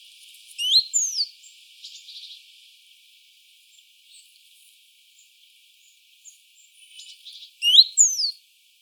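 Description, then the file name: Great tit calls: two bursts of sharp high notes near the start and end, with softer buzzy chatter in between and quiet gaps. "Parus major"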